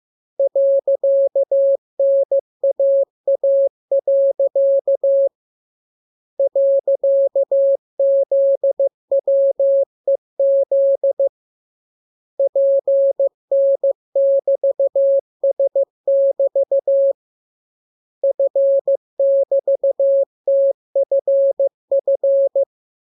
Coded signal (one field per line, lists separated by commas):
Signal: Morse code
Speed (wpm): 15 wpm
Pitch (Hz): 550 Hz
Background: none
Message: .NAA. .ZWEZ PN<BT>S<BT> F<BT>TFF